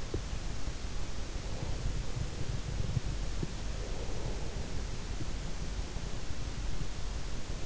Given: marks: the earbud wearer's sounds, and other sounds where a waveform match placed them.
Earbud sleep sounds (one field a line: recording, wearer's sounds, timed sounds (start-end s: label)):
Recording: sounds in sleep by an in-ear microphone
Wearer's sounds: breath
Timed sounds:
1.38-5.29 s: breath